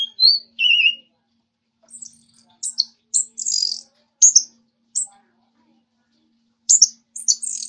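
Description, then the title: Orange-headed thrush gives a few whistled notes, then sharp, high, scratchy phrases broken by short silences, with a longer gap before the last burst. "Anis Merah"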